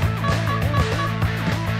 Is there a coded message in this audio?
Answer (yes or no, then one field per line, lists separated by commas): no